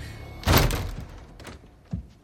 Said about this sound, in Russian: Открывается дверь.